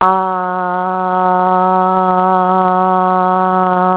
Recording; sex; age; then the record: sustained vowel /a/ by telephone; female; 50 to 59 years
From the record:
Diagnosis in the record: healthy control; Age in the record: 54 years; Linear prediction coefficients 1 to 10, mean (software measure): 1.98, -1.55, 0.03, 0.47, 0.11, -0.44, 0.13, 0.03, 0.07, -0.06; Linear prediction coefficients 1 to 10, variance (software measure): 0.070, 0.166, 0.056, 0.077, 0.047, 0.109, 0.077, 0.025, 0.022, 0.004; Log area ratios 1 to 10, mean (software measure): -2.11, 2.67, -1.24, 0.33, 0.61, -0.06, -0.47, 0.00, 0.11, 0.13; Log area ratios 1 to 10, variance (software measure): 0.010, 0.046, 0.200, 0.148, 0.036, 0.085, 0.070, 0.055, 0.030, 0.018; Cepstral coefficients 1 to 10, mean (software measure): 1.98, 0.45, -0.41, -0.49, -0.09, 0.05, 0.08, -0.03, -0.04, 0.00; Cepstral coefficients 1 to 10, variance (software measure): 0.070, 0.020, 0.008, 0.007, 0.006, 0.002, 0.002, 0.001, 0.001, 0.001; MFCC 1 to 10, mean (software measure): -3.65, 2.12, -1.44, -0.73, 0.87, -0.18, -0.03, 0.43, 0.04, -0.68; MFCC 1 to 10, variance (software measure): 0.194, 0.017, 0.020, 0.023, 0.020, 0.015, 0.013, 0.017, 0.019, 0.011